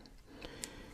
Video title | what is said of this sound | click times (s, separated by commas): Wiring Cir-Kits Chandelier Adapters Part C | You hear it snap? | 0.6 s